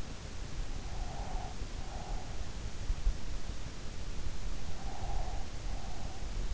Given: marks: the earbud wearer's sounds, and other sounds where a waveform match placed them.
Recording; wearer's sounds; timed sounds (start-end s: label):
sounds in sleep by an in-ear microphone; breath
0.50-2.95 s: breath
4.25-6.32 s: breath